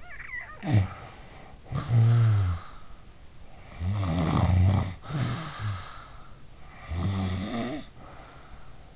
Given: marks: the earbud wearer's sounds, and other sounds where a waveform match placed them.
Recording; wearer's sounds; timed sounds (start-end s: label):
sounds in sleep by an in-ear microphone; snoring breath
0.00-3.04 s: snoring breath
3.49-6.12 s: snoring breath
6.64-8.87 s: snoring breath